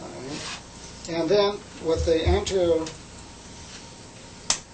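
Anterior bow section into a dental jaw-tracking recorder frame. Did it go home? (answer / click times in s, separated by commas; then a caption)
yes / 4.5 s. The anterior bow section of an Axi-Path II dental jaw-motion recorder is swung around and pressed down onto its mating part of the recorder frame. Someone talks through the first three seconds. At 4.5 s a single sharp snap is heard as the bow seats in place.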